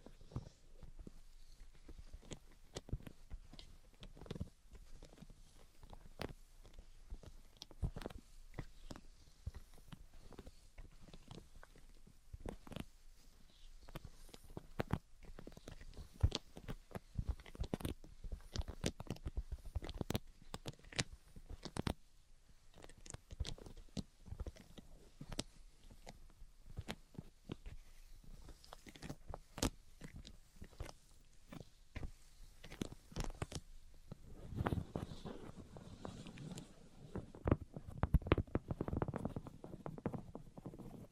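Tapping and scratching go on throughout, a dense, irregular patter of sharp, crisp clicks with no steady rhythm. Near the end, from about the 34-second mark, a heavier, lower rubbing and tracing sound swells in, with louder bursts around 38 seconds.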